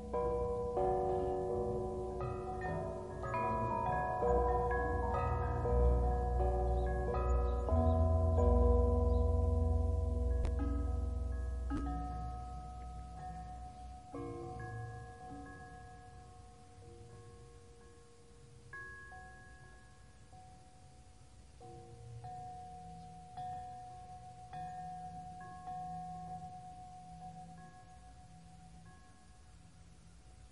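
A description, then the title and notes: Resonant bells ring in overlapping, sustained tones over a deep low hum, loudest early, then thinning to sparser, softer strikes fading away. Bells white noise, bell sounds of relaxation, calming bells white noise.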